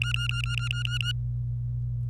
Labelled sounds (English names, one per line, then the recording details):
Domestic Canary song
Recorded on 26 April 2018 at 09:29
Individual llb3